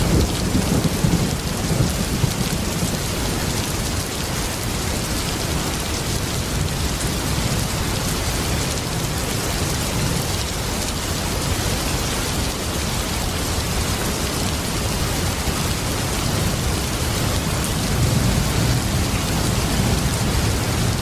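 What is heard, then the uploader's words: Heavy rain pours down in a dense, unbroken hiss that stays steady for the whole stretch, with a thick low rumble underneath. The deep roll swells slightly near the start and again toward the end, like thunder blending into the downpour. Close Thunder & Heavy Rain Sounds.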